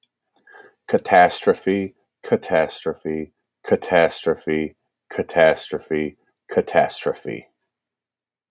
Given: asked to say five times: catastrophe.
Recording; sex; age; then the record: repeated word; male; 40 to 49 years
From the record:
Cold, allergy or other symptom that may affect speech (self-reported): no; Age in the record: 45 years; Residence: Texas, United States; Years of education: 16